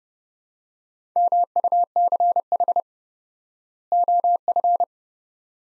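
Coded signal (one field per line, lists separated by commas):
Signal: Morse code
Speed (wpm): 32 wpm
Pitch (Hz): 700 Hz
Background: none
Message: MUCH OF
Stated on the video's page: Morse practice sets of two words at 30 wpm with 4x word spacing, a word-level analogue of Farnsworth spacing, for head-copy training.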